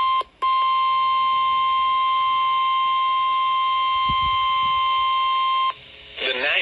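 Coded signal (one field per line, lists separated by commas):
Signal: Emergency Alert System (SAME) tones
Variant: 1050 Hz attention tone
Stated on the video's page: EAS alerts received on radios going off.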